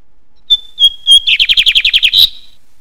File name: bigode de bigodinho